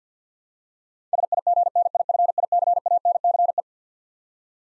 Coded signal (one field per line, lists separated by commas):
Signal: Morse code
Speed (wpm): 45 wpm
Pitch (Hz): 700 Hz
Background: none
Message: SIGNIFICANCE